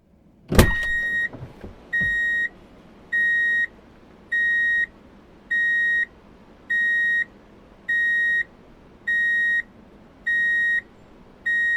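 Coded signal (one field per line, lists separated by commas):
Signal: alarm pattern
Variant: vehicle reverse warning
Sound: a click, then a steady repeating beep about every 0.65 seconds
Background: car interior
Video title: Drive in Reverse Beep Alert - Sound Effects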